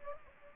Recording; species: mosquito wingbeat signal from an infrared sensor; Aedes aegypti